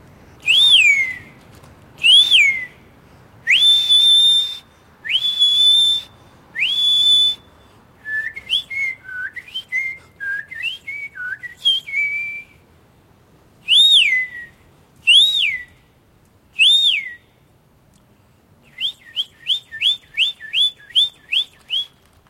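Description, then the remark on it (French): A person whistles birdlike calls: five clear swooping notes, a quick warbling run, four more slurred notes, then a fast burst of about ten short repeated chirps, bright and high. “Je sais bien siffler comme les oiseaux.”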